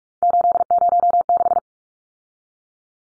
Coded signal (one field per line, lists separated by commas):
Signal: Morse code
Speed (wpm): 44 wpm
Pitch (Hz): 700 Hz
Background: none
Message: 806